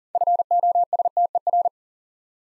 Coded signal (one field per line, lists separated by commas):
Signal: Morse code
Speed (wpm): 39 wpm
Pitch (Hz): 700 Hz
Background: none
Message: FOSTER